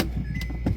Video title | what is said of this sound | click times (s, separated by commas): Ice Maker Repair (4K) Samsung Refrigerator | wire harness with your right and all we care about is just getting it in place to hear it click | 0.7 s